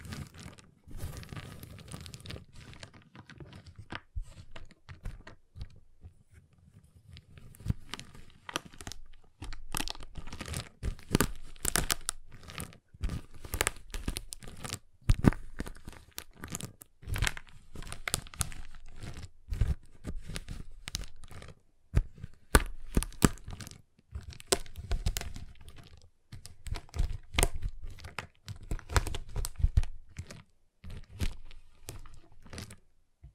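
A giant chocolate bar is tapped, cut and snapped in dense bursts of sharp crackling clicks and crunches, with brief quieter gaps throughout.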